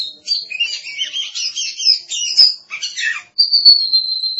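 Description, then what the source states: Oriental magpie-robin pouring out dense warbled chirps, then a long sustained high whistle to the end. Kacer song.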